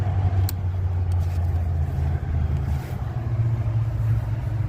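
The larger fuel line quick-connect is pushed onto the top port of the fuel rail fitting on a 5.3 LS engine in a 2003 Tahoe during a valley pan gasket job. A single sharp click is heard at 0.5 s over a steady low rumble of vehicle noise, and the fitting is seated.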